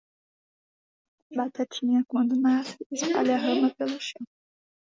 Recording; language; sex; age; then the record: short text; Brazilian Portuguese; female; 20 to 29 years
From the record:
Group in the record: control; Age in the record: 20 years